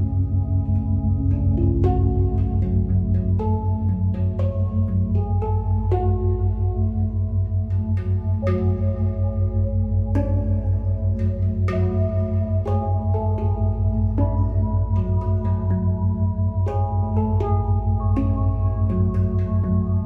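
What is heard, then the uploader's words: Binaural beats drone over a deep, steady low hum that pulses in a fast, even throb. Soft bell-like tones ring out every second or so, overlapping and fading slowly, with higher shimmering overtones above. The sound stays dense and unchanging throughout. The harmonious sounds of binaural beats to enhance your meditation experience.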